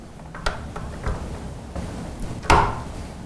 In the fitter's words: And you heard it click.